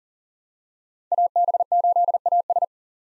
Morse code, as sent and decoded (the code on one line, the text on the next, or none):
.- -... ---.. .- ...
AB8AS